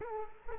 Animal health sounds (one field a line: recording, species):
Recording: mosquito wingbeat signal from an infrared sensor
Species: Culex quinquefasciatus